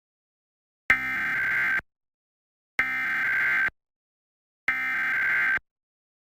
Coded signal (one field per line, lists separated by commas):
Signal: Emergency Alert System (SAME) tones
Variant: header bursts